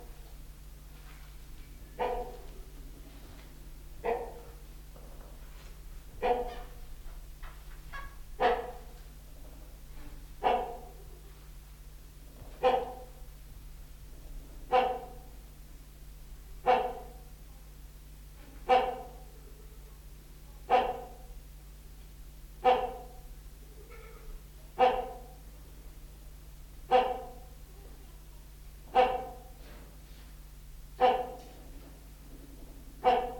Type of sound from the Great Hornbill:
call